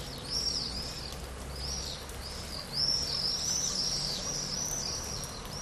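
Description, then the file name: Swallows giving repeated high twittering chirps that rise and fall in quick runs, with a steady low rumble underneath. Wet, misty, damp spring forest in Cyprus. "birds crows swallows spring cyprus"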